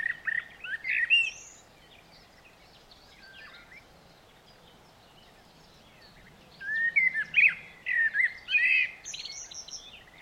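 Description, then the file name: Eurasian blackbird delivering two song phrases separated by a long silence, each made of rich whistled notes topped with thin high twitters. "Turdus merula"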